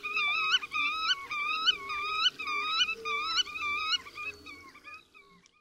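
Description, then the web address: Black-tailed godwit calling in a rhythmic series of nasal, rising-falling notes, nearly two per second, before the sequence breaks up into softer, scattered calls and fades. "Przyroda Ptaki Rycyk"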